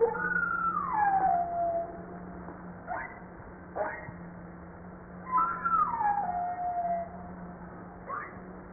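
Humpback whale calls: high whistled notes that step down and level off, heard twice, separated by brief sharp pulses, over a low constant hum.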